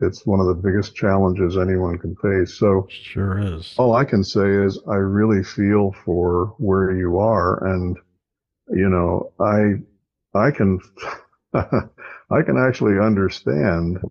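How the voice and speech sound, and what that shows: A man speaks in a calm, low, steady voice with pauses and only an ordinary brief repetition; no speech disorder.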